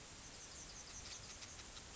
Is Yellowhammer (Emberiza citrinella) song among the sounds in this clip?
no